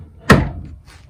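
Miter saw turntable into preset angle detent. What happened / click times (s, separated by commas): The metal turntable snapped into its detent / 0.3 s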